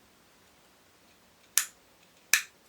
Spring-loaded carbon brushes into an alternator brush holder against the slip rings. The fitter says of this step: release the brushes you should hear them click